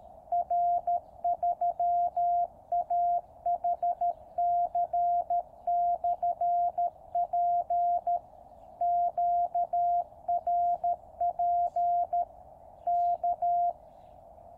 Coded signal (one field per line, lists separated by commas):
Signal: Morse code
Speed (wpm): 13 wpm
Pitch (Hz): 700 Hz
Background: none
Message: R3AHC/P QRP K